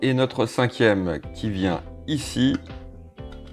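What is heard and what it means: Someone talks over background music while handling the fifth pick-up support piece of an Agora Models Leopard 2A6 scale tank model, bringing it to its seat on the hull. A faint sharp sound comes near 3.2 s, but the clip ends before the part goes home, and nothing has seated or clicked yet.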